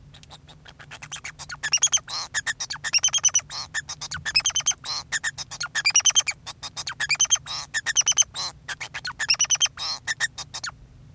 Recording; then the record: song of a male Bengalese finch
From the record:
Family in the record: son of father 2